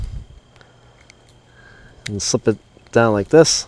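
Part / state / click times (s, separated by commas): battery cover into key fob housing / not seated / none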